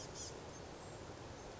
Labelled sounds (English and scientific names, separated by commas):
Blue-gray Gnatcatcher (Polioptila caerulea)